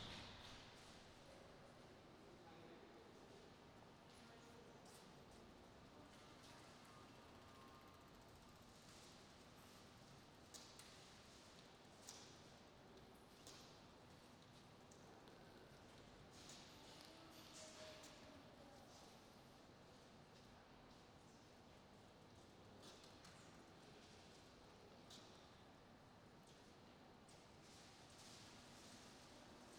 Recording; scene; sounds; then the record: everyday scene through a hearing-aid microphone; reverberant space; background noise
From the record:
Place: railway station hall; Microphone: in the ear canal, right